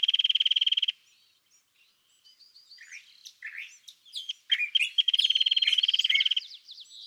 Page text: California thrasher Song, excerpted from a longer dawn session on day 1. listen for the repeated theme of notes that the thrasher has chosen to use this morning. March 9, 2017. Los Osos, California